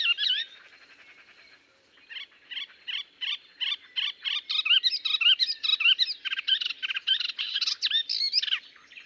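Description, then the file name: Melodious warbler song: after a brief phrase and a pause, evenly spaced repeated chirps speed up into a rich, rapid warbling chatter. "British Library - Melodious Warbler Hippolais polyglotta"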